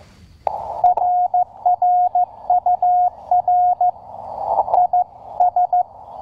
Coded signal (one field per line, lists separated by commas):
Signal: Morse code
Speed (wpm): 14 wpm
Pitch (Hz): 720 Hz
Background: none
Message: RR UR IS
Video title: QRP CW POTA Activation | 20m QCX Mini + Packtenna EFHW | First-Person CW Copy Practice